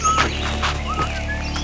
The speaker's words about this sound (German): Nur Fuzzi pfeift gedankenverloren vor sich hin.